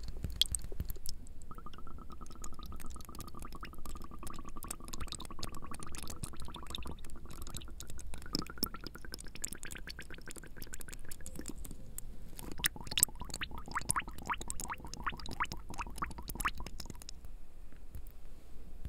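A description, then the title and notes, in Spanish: Water drops fall in a fast, dense patter of small ticks and splashes that continues for the whole length. A thin steady tone runs underneath from early on, shifts slightly lower around twelve seconds, and fades out near the end over a low rumble. Gotas cayendo, pulverizadores de agua.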